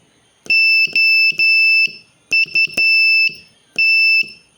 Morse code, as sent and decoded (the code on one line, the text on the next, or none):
--- ..- -
OUT